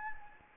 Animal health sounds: mosquito wingbeat signal from an infrared sensor; Anopheles gambiae

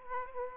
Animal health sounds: mosquito wingbeat signal from an infrared sensor; Aedes aegypti

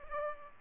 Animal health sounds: mosquito wingbeat signal from an infrared sensor; Culex pipiens

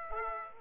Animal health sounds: mosquito wingbeat signal from an infrared sensor; Aedes aegypti

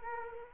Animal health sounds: mosquito wingbeat signal from an infrared sensor; Culex quinquefasciatus

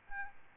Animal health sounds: mosquito wingbeat signal from an infrared sensor; Aedes albopictus

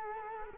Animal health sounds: mosquito wingbeat signal from an infrared sensor; Culex quinquefasciatus

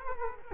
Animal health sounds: mosquito wingbeat signal from an infrared sensor; Culex quinquefasciatus

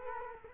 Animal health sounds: mosquito wingbeat signal from an infrared sensor; Culex quinquefasciatus

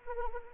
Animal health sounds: mosquito wingbeat signal from an infrared sensor; Anopheles arabiensis

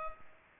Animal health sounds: mosquito wingbeat signal from an infrared sensor; Culex pipiens

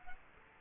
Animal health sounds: mosquito wingbeat signal from an infrared sensor; Culex quinquefasciatus

